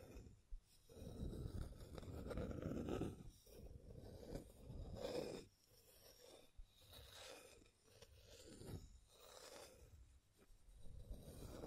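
Scratching and tracing strokes, rough and grainy, come in uneven bursts separated by brief quiet gaps, roughly one every second or two. The strokes vary in length and pressure, some low and full, others thin and bright, with faint clicks between them.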